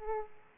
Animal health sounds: mosquito wingbeat signal from an infrared sensor; Aedes aegypti

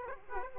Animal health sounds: mosquito wingbeat signal from an infrared sensor; Aedes aegypti

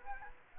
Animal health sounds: mosquito wingbeat signal from an infrared sensor; Anopheles gambiae

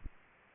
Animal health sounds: mosquito wingbeat signal from an infrared sensor; Aedes aegypti

